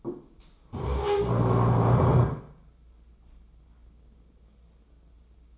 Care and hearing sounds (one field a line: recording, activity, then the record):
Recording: daily activity, microphone in the room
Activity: stand up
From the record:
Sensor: 1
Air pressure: 996.0 hPa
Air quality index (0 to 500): 234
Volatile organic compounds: 1000 ppm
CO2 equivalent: 6810 ppm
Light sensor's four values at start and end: 34/85/36/44 and 34/83/36/43